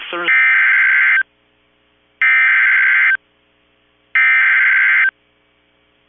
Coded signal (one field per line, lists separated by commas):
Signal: Emergency Alert System (SAME) tones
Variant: header bursts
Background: speech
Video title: Flood Warning (EAS 1275)